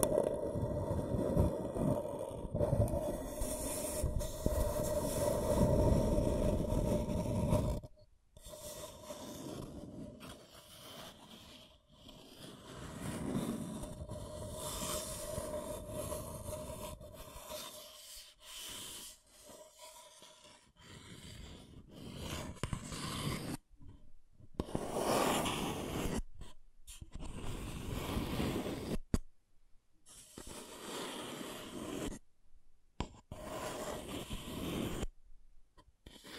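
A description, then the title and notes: Scratching and tracing strokes rasp steadily for eight seconds, then continue in separate bursts divided by short silences, with a faint low hum underneath. ASMR Brain Tingling Scratching & Tracing (No Talking).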